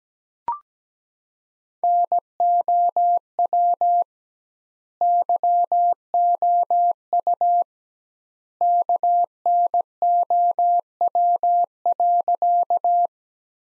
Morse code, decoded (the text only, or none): NOW YOU KNOW.